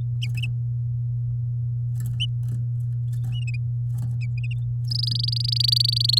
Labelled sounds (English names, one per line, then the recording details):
Domestic Canary song
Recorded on 8 May 2018 at 09:07
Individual llb16